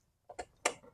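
An ignition coil on a Suzuki GSXR1000 motorcycle engine is pressed down into the cylinder head onto the spark plug. Two softer ticks at 0.3 and 0.4 seconds are followed by a sharp snap at 0.7 seconds as the coil seats fully home.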